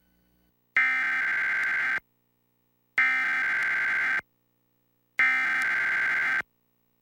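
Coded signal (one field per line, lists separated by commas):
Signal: Emergency Alert System (SAME) tones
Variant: header bursts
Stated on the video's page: Required weekly test aired by WMDT, personally recorded.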